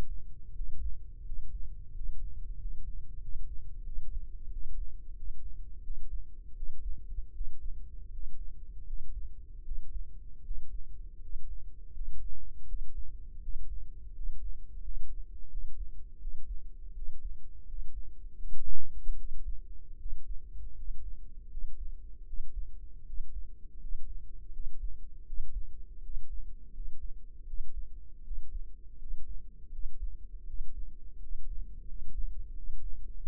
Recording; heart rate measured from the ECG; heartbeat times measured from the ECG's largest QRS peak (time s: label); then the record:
heart sounds by microphone in the left ear; 83 bpm
0.52 s: heartbeat
1.23 s: heartbeat
1.92 s: heartbeat
2.56 s: heartbeat
3.19 s: heartbeat
3.83 s: heartbeat
4.50 s: heartbeat
5.14 s: heartbeat
5.82 s: heartbeat
6.54 s: heartbeat
7.32 s: heartbeat
8.09 s: heartbeat
8.84 s: heartbeat
9.62 s: heartbeat
10.42 s: heartbeat
11.19 s: heartbeat
11.92 s: heartbeat
12.65 s: heartbeat
13.40 s: heartbeat
14.12 s: heartbeat
14.80 s: heartbeat
15.48 s: heartbeat
16.18 s: heartbeat
16.93 s: heartbeat
17.65 s: heartbeat
18.36 s: heartbeat
19.16 s: heartbeat
19.97 s: heartbeat
20.74 s: heartbeat
21.48 s: heartbeat
22.24 s: heartbeat
23.04 s: heartbeat
23.77 s: heartbeat
24.51 s: heartbeat
25.24 s: heartbeat
26.00 s: heartbeat
26.71 s: heartbeat
27.44 s: heartbeat
28.22 s: heartbeat
28.96 s: heartbeat
29.70 s: heartbeat
30.45 s: heartbeat
31.18 s: heartbeat
31.85 s: heartbeat
32.53 s: heartbeat
33.19 s: heartbeat
From the record:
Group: healthy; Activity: rest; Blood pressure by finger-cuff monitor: 87/61 mmHg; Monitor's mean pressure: 68 mmHg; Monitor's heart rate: 81 bpm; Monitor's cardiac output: 5.1 L/min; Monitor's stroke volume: 63 mL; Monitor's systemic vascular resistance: 960 dyn s/cm5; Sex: male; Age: 22 years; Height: 181 cm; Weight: 60 kg